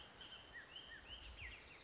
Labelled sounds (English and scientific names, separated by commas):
Bullock's Oriole (Icterus bullockii)